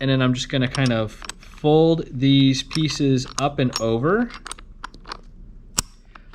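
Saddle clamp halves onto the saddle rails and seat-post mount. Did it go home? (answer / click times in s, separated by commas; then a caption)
yes / 5.8 s. Someone talks while folding the two halves of a bicycle seat-post saddle clamp (for a Campo or Ferro seat post) up and over the saddle rails around the middle mounting piece. After the talking, a few small sharp clicks are heard. A loud snap at 5.8 s marks the clamp halves locking into place, seated.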